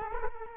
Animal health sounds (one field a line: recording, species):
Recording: mosquito wingbeat signal from an infrared sensor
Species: Culex quinquefasciatus